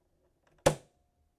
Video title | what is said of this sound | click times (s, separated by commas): Cricut Infusible Ink Markers vs. Other Permanent Thermal Transfer Markers | you hear that snap you're good to go | 0.7 s